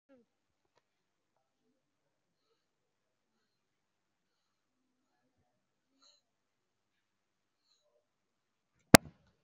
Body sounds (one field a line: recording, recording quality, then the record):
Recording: shallow breathing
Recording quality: excellent, no background noise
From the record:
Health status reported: respiratory illness, not identified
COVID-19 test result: not tested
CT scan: not taken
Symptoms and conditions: cough, cold, breathing difficulty, sore throat, fatigue, chronic lung disease, pneumonia, another condition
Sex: male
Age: 62 years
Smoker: yes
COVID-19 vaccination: both doses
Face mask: worn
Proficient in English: no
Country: India